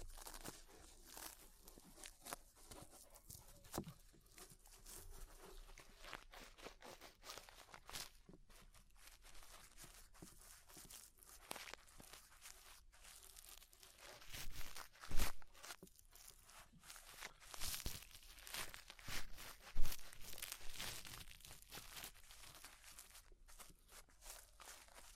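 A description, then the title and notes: Ear cleaning sounds: dense, close-textured scratching, rubbing and crinkling that runs continuously with bright, crackly detail. Sharp clicks and louder scrapes stand out now and then, with the strongest bursts around 15 seconds and again near 18 to 20 seconds. ASMR Deep Ear Cleaning Session.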